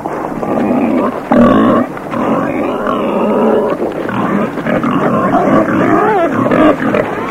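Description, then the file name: Pig giving continuous strained squealing calls with wavering pitch and few pauses. "prase"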